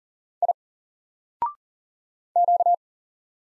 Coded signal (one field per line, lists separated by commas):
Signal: Morse code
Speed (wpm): 40 wpm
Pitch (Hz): 700 Hz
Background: none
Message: I Q